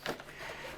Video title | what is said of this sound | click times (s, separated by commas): Hot Wheels New 1:43 Scale Mix 1 - Thoughts? | and uh throw it right in just like that and it clicks right in nicely so | 0.1 s